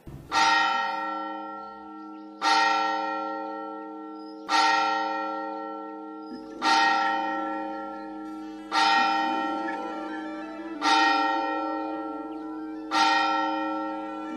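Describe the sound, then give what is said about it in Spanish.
A deep cathedral bell tolls seven o'clock with seven loud, evenly spaced strokes about two seconds apart. Each stroke rings with rich overtones and a long humming decay that overlaps the next strike. “La guamba da 7 campanadas.”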